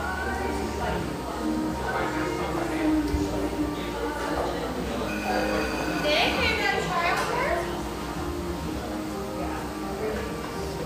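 Cafe ambience with a continuous murmur of overlapping voices and chatter throughout. A steady low hum runs underneath, and clinks of dishes and bright rattling sounds rise briefly around six to seven seconds before the chatter settles back to an even level.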